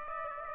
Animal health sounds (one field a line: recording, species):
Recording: mosquito wingbeat signal from an infrared sensor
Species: Aedes aegypti